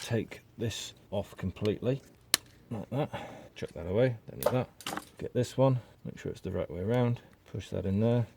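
While preparing a Ford Mondeo for its MOT, someone talks while handling a plastic adapter for a new wiper blade, with soft handling noises between the words. The adapter is lined up and pushed toward the blade, but the clip ends before it goes home, and nothing has seated or clicked yet.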